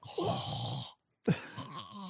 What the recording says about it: 7 hours of sleep, four hours of recordings? Snoring. 4 hours of straight snoring. It's 57% of the night I'm snoring. It sounds like a balloon.